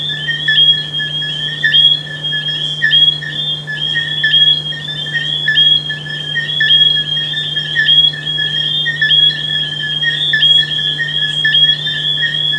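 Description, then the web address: Frogs calling in a dense chorus of high, ringing tonal notes that overlap continuously, over a steady low hum. "humbot audio frogs"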